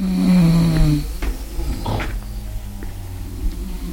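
A neighbouring Chinese woman snores in the middle of the night with a loud, low, droning rasp that fades after about a second, followed by quieter breathy snorts and rustling against a steady background hum.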